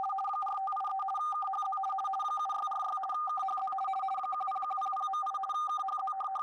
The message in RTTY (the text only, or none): 4583 KHZ 7646 KHZ 10100.8 KHZ